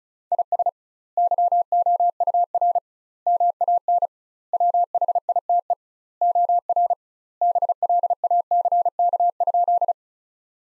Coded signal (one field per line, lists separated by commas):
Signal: Morse code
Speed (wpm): 36 wpm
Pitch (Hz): 700 Hz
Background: none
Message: IS YOUR MAN WHITE OR BLACK?